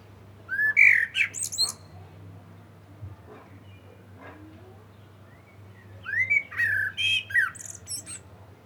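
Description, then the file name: Common blackbird song: two phrases of low fluted whistles ending in high squeaky twitters, separated by a pause of several seconds; steady low hum underneath. "Turdus merula"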